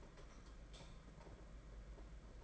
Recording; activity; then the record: daily activity, microphone in the room; light off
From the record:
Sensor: 5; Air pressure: 992.1 hPa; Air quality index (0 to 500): 200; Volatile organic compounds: 1000 ppm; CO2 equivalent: 5780 ppm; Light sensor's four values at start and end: 9/22/8/9 and 8/18/7/8